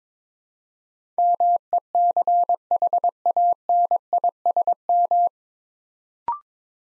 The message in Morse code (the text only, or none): MECHANISM